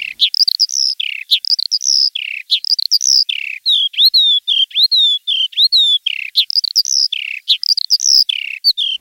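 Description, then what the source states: Eurasian Skylark song, a fast stream of high chirps, trills and twittering notes with short gaps and no other sounds. Introduced as a voice often heard on hikes that may soon fall silent forever.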